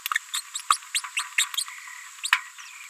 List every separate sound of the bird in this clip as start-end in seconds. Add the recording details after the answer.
0.15-0.18, 0.33-0.41, 0.72-0.77, 0.94-0.99, 1.17-1.23, 1.38-1.44. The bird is a female. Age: 31 days. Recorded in a nest box in Venezuela. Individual 17B73B2